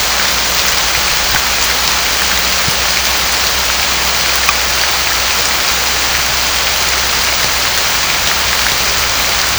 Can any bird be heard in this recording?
no